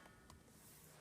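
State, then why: Seated. A rechargeable battery pack is flipped into the battery bay of a Tobii i12+ speech-generating tablet and pushed in, giving a short, sharp click at 0.3 s over a steady background hum. The battery is seated, clicked into the device.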